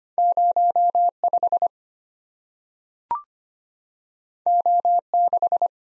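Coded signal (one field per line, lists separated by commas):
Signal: Morse code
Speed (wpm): 25 wpm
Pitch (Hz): 700 Hz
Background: none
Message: 05 O6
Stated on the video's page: Head-copy practice at 25 wpm of random two-character letter and number combinations, each sent in Morse, spoken, then sent again.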